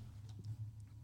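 A steady, deep, low rumble lasts about a second and swells slightly midway, with faint room noise above it. It is an audible stomach growl (borborygmi) from an adult woman's abdomen, the normal sound of gas and fluid moving through the gut, easily mistaken for a passing car.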